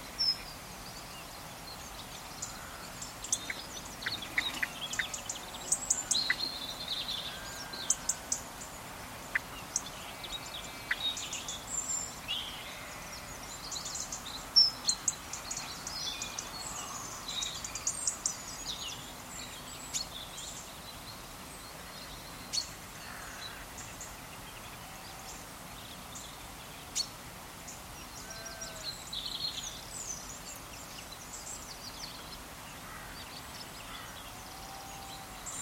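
A calm autumn morning on a farm, with a sparse dawn chorus of small birds chirping and calling. Short bright calls come often in the first twenty seconds and thin out later, over a soft, steady hush of wind in vegetation.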